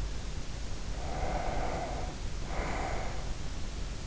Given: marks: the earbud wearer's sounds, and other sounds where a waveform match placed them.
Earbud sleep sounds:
sounds in sleep by an in-ear microphone; breath
0.67-3.57 s: breath

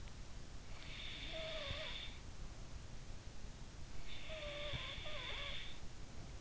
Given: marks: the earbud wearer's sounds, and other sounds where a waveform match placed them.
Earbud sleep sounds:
sounds in sleep by an in-ear microphone; breath
0.26-2.60 s: breath
3.57-6.20 s: breath

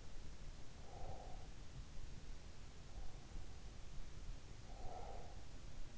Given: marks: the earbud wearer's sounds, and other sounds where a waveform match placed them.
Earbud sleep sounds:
sounds in sleep by an in-ear microphone; breath
0.65-2.26 s: breath
4.46-5.65 s: breath

